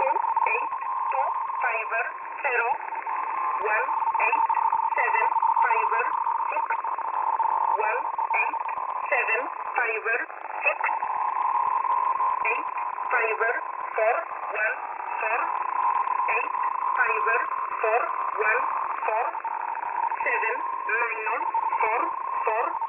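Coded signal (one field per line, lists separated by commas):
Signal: numbers station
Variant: E11a Oblique, English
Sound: voice reading evenly spaced digit groups in English, with a pulsing interference tone behind it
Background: radio static, interfering tone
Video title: E11a Message 25/10/2022 0645z 8423kHz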